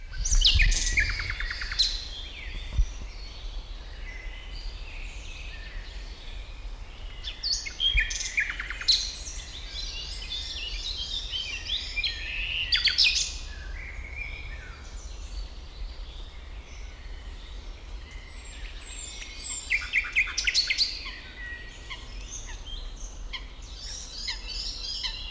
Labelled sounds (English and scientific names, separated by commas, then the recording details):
Common Nightingale (Luscinia megarhynchos)
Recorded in the wild
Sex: male
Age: adult
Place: Bucher Wald, Berlin, DE
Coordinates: 52.65, 13.48
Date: 1995-06-05 12:49
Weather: sonnig, 18°C
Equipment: Sony WM-D6C, Sennheiser ME 80, Kopie Uher 4000 Report Monitor
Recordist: Tembrock, Günter